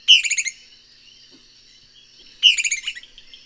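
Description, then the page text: Loggerhead kingbird call: two short, loud, bubbly stuttering bursts a little over two seconds apart, each a quick run of notes. Loud, bubbly "pi ti tity" call. "Loggerhead Kingbird. Audio 6 (M. Oberle)"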